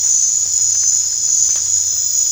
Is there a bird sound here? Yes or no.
no